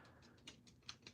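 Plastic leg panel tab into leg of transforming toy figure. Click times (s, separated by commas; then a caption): 0.9 s. A plastic leg panel on a transforming robot figure, a Transformers Mechanical Alliance Thunder Warrior (Bumblebee Blitzwing), is pressed so its tab seats into the leg. Several faint plastic ticks are heard, with the sharpest click at 0.9 s. The tab is seated.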